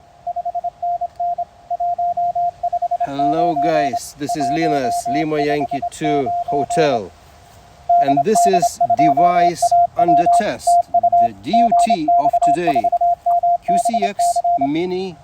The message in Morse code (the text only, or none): 5NN 159 159 DD2AW TU GX4MBC